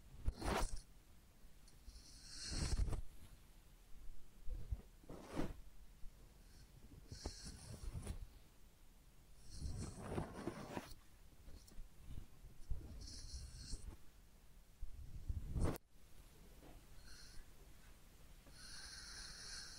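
Head massage and ear cleaning with soft rubbing and brushing, bursts of hissy scratching recurring every couple of seconds over a low rumble.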